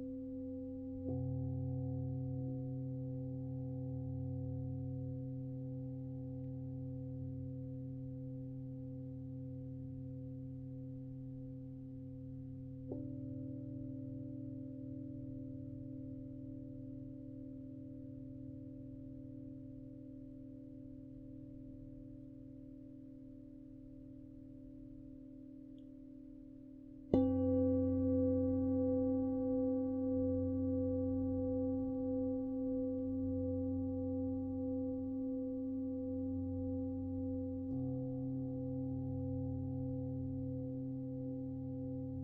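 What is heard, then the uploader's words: Singing bowls ring in long, steady sustained tones with a low warm hum and a gentle wavering beat. A soft new strike enters around thirteen seconds, and a louder, brighter strike at about twenty-seven seconds blooms and slowly fades, with another layer joining near thirty-eight seconds. Singing bowls for stress relief and meditation.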